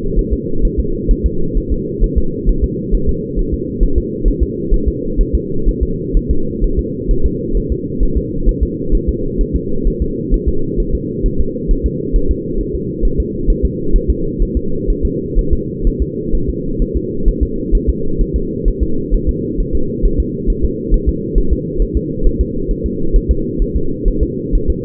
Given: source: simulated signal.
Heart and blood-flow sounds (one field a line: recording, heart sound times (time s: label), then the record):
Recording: fetal heart sounds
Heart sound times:
0.19 s: S1
0.33 s: S2
0.65 s: S1
0.79 s: S2
1.11 s: S1
1.26 s: S2
1.57 s: S1
1.72 s: S2
2.04 s: S1
2.18 s: S2
2.49 s: S1
2.64 s: S2
2.94 s: S1
3.09 s: S2
3.39 s: S1
3.54 s: S2
3.83 s: S1
3.98 s: S2
4.28 s: S1
4.43 s: S2
4.74 s: S1
4.88 s: S2
5.21 s: S1
5.35 s: S2
5.68 s: S1
5.83 s: S2
6.17 s: S1
6.31 s: S2
6.64 s: S1
6.79 s: S2
7.11 s: S1
7.26 s: S2
7.57 s: S1
7.72 s: S2
8.03 s: S1
8.17 s: S2
8.49 s: S1
8.63 s: S2
8.95 s: S1
9.09 s: S2
9.41 s: S1
9.56 s: S2
9.88 s: S1
10.02 s: S2
10.34 s: S1
10.48 s: S2
10.80 s: S1
10.95 s: S2
11.26 s: S1
11.40 s: S2
11.71 s: S1
11.86 s: S2
12.16 s: S1
12.31 s: S2
12.61 s: S1
12.75 s: S2
13.05 s: S1
13.20 s: S2
13.50 s: S1
13.65 s: S2
13.96 s: S1
14.10 s: S2
14.42 s: S1
14.57 s: S2
14.90 s: S1
15.05 s: S2
15.39 s: S1
15.53 s: S2
15.87 s: S1
16.02 s: S2
16.35 s: S1
16.49 s: S2
16.82 s: S1
16.96 s: S2
17.28 s: S1
17.43 s: S2
17.75 s: S1
17.89 s: S2
18.21 s: S1
18.36 s: S2
18.68 s: S1
18.83 s: S2
19.14 s: S1
19.29 s: S2
19.60 s: S1
19.75 s: S2
20.05 s: S1
20.20 s: S2
20.50 s: S1
20.65 s: S2
20.94 s: S1
21.09 s: S2
21.38 s: S1
21.53 s: S2
21.82 s: S1
21.97 s: S2
22.26 s: S1
22.41 s: S2
22.71 s: S1
22.86 s: S2
23.16 s: S1
23.31 s: S2
23.62 s: S1
23.76 s: S2
24.08 s: S1
24.23 s: S2
24.55 s: S1
24.70 s: S2
From the record:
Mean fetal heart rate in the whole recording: 130 bpm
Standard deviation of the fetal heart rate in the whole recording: 4 bpm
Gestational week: 38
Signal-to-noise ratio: -8.1 dB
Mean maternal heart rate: 72 bpm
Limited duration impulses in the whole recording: absent